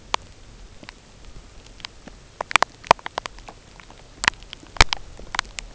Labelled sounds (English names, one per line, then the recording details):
none
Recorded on Arctic tundra, site UTQI-0, on 13 June 2019
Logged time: 10:00